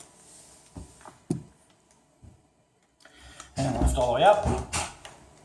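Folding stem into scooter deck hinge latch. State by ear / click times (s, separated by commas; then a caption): not seated / none. The folded handlebar stem of a Zero 9 electric scooter is handled at the deck hinge latch, with its metal locking pin released so the stem can be lifted all the way up. A few short knocks and handling clunks are heard, the sharpest near 1.3 s, and someone talks from about 3.5 s on. Nothing has seated or clicked yet.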